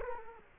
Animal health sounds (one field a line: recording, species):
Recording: mosquito wingbeat signal from an infrared sensor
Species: Culex quinquefasciatus